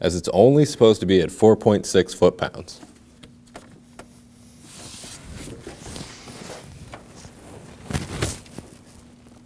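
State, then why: Not seated. Someone talks about tightening the 10mm bolt on an ignition coil of a 2013-2015 Subaru XV Crosstrek, cautioning against over-tightening since it's only supposed to be at 4.6 foot-pounds. Quiet handling noise follows as the wiring harness connector is worked toward the ignition coil, with two short sharp knocks near 8.0 and 8.2 seconds. The connector has not seated or clicked in yet.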